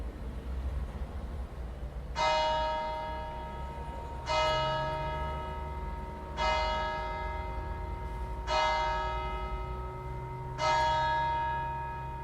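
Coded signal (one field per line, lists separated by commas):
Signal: bell signal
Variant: battiore tolling, single bell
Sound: a single church bell struck five times, slowly and evenly, each ring fading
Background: low outdoor rumble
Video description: Battiore e Plenum (dura 2 minuti) delle 18:00 per la Messa prefestiva delle 18:30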